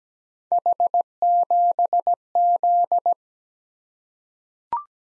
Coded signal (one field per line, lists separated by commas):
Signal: Morse code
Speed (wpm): 17 wpm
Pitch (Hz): 700 Hz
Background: none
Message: H7Z